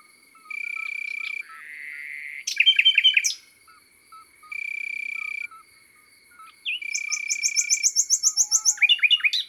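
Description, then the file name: Common nightingale song: a rising whistle, then a burst of loud chirps and a long, high series of repeated notes, with crickets trilling in bursts. Heard in the countryside. "Rossignol philomele Chants doiseaux dans la campagne"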